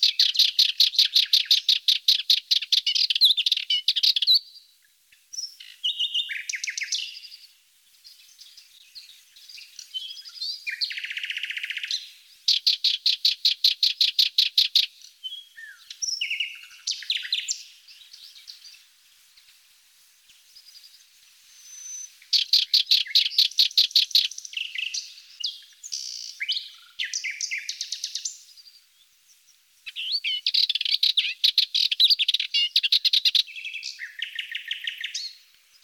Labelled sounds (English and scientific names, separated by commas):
Sardinian Warbler (Sylvia melanocephala) song